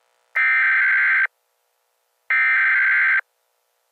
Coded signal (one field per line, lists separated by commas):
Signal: Emergency Alert System (SAME) tones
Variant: header bursts